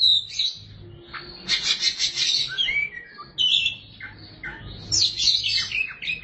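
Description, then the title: Oriental magpie-robin song: high varied whistles, sweet slurred notes and scratchy chatter flowing in short bursts. "Suara Kicauan Burung Kacer"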